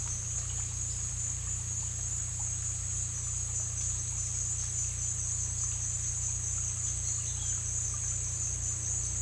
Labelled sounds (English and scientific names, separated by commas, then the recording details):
none
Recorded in dense forest near Puerto Asís, Putumayo, Colombia, on 18 December 2024 at 12:30
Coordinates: 0.467, -76.328
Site GP05